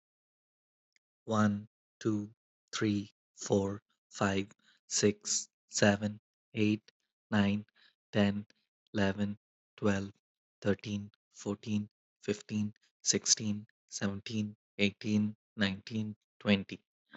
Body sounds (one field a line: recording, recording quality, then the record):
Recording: counting at a normal pace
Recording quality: excellent, no background noise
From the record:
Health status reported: healthy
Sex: male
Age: 33 years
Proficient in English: yes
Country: United States